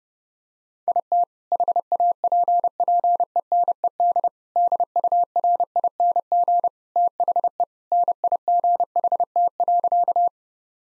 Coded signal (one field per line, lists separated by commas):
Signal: Morse code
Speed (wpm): 31 wpm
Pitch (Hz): 700 Hz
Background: none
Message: IT HAPPENED DURING THE NIGHT.